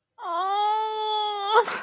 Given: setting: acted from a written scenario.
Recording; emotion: vocal sound without words; pain